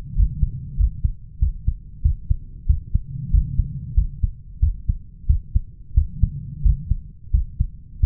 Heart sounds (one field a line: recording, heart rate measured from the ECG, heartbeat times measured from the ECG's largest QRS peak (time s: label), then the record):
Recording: heart sounds by stethoscope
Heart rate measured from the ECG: 92 bpm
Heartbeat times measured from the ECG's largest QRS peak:
0.17 s: heartbeat
0.79 s: heartbeat
1.41 s: heartbeat
2.04 s: heartbeat
2.69 s: heartbeat
3.33 s: heartbeat
3.97 s: heartbeat
4.62 s: heartbeat
5.29 s: heartbeat
5.96 s: heartbeat
6.65 s: heartbeat
7.33 s: heartbeat
8.02 s: heartbeat
From the record:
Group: healthy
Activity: rest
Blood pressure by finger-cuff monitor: 155/89 mmHg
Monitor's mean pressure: 114 mmHg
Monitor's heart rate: 93 bpm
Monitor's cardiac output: 7.4 L/min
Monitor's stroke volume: 79 mL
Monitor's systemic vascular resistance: 1130 dyn s/cm5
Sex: male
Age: 21 years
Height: 175 cm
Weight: 72.6 kg